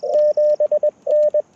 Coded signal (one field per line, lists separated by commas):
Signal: Morse code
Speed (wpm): 20 wpm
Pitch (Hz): 600 Hz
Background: radio noise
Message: 7N